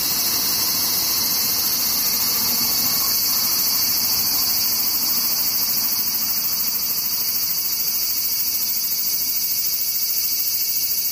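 Cicadas drone without pause, a dense, piercing shrill buzz concentrated high up, with a fine rapid pulsing running through it. The level holds steady for the whole stretch, close and loud, with only a faint low rumble underneath.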